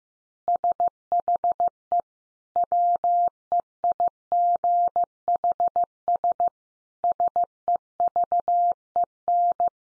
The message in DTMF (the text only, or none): none